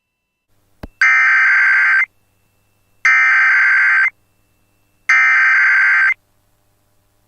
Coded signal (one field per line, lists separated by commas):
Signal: Emergency Alert System (SAME) tones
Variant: header bursts